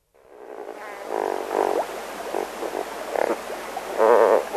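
Lesser flamingo calling, the sound fading in, then short nasal honks and gabbling notes in irregular bursts, loudest near the end.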